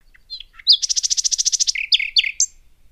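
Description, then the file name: Common nightingale song phrase: a few soft chips, then a fast run of about a dozen loud buzzy repeated notes, ending in sharp varied whistles and chirps. "Luscinia megarhynchos"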